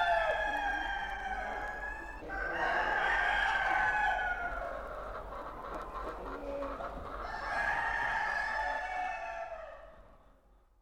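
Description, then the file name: Bird crowing: a few long harmonic calls that swell and fade, the last trailing off into quiet, over a low steady hum. "uccelli birds"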